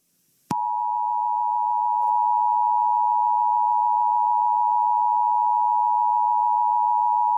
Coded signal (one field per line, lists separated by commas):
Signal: Emergency Alert System (SAME) tones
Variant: 853 and 960 Hz attention tone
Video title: Godzilla EAS part 1 | Godzilla attacks Japan!!!!|